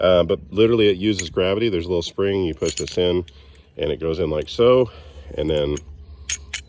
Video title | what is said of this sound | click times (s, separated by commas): Nazi paratroopers used these “gravity” knives in WW2, both recovered by an Allied soldier! | it's hard to do it with one hand but basically it locks in place | 6.3 s, 6.5 s